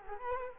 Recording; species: mosquito wingbeat signal from an infrared sensor; Culex quinquefasciatus